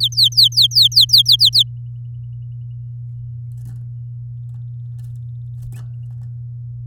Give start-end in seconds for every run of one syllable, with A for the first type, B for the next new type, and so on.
0.00-1.63 A